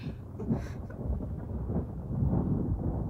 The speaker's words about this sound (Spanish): ¡Ah! ¡Un trueno! Parece que va a llover.